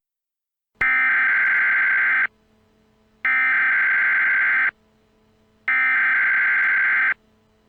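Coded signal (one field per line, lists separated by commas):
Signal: Emergency Alert System (SAME) tones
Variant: header bursts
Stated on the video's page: Fictional rioting EAS scenario, not a real alert.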